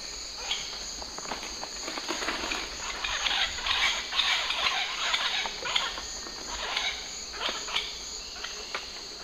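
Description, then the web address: Chestnut woodpecker calls come in a busy cluster of sharp, clipped notes, with overlapping calls loudest in the middle, over a steady shrill insect chorus. Group calls, South America, eastern lowlands. "Natures Songs S America Eastern Lowlands. Celeus elegans, group calls"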